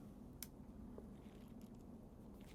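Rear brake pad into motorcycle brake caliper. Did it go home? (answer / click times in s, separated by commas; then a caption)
yes / 0.4 s. A rear motorcycle brake pad, handled without touching its friction lining so it stays free of grease, is pushed into the rear brake caliper. A sharp click at 0.4 s marks the pad clipping into place, followed by a couple of faint ticks over a steady low background hum. The pad is seated in the caliper.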